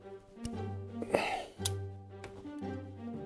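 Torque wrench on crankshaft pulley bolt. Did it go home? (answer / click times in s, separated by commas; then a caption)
yes / 1.7 s. A 1/2-inch drive click-type torque wrench is pulled on the harmonic balancer/crankshaft pulley bolt of a Mercedes engine, with music playing underneath. Several short knocks are heard before the wrench gives a sharp click at 1.7 s, confirming it has reached the set torque.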